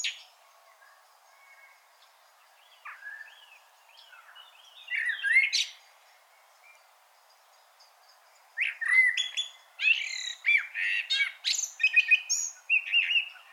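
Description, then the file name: Common blackbird singing: a first warbled, fluty phrase, then after a pause a longer phrase of rich whistles breaking into high, scratchy twitters. "Turdus merula"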